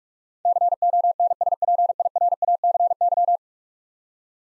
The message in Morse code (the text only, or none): CONSPIRACY